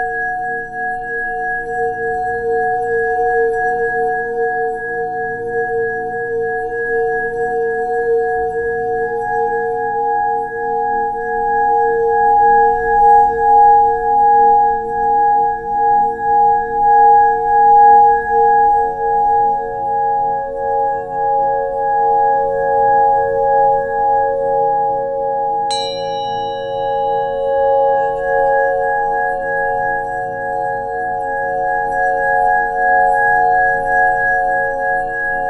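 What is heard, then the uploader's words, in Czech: Tibetan singing bowls ring with long, steady sustained tones, several pitches layered and slowly shifting in strength, with a gentle pulsing wobble in loudness. Around 26 seconds a bright metallic strike rings out above the hum, then fades while the low drone continues. Tibetské mísy.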